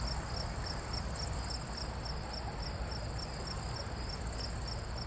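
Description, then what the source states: Crickets chirping: a steady high shrill trill with a second pulsed chirp band repeating rapidly and evenly, over constant low rumbling background noise. Crickets recorded at night on the city side.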